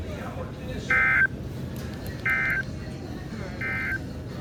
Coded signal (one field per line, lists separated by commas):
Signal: Emergency Alert System (SAME) tones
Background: speech